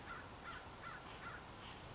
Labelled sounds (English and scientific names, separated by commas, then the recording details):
American Crow (Corvus brachyrhynchos)
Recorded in Sonoma County, California